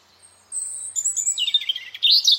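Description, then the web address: Bird with a long high whistle followed by busy chattering twitters that grow louder toward the end. "cianscape birddata Deverinetal 2025 Bird Only"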